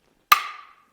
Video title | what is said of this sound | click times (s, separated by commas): 2014-2020 MERCEDES BENZ GLA Class 5-dr SUV with Flush Side Rails - Best Thule's Roof Rack Crossbars | So there you can hear it's clicked, meaning you're fully tightened. | 0.3 s